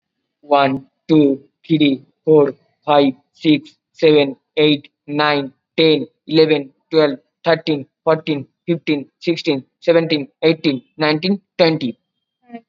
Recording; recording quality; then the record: counting at a fast pace; excellent, no background noise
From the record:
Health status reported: COVID-19 positive, no symptoms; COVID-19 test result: positive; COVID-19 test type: RT-PCR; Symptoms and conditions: sore throat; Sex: male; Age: 18 years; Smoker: no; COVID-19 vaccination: one dose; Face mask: worn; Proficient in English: no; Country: India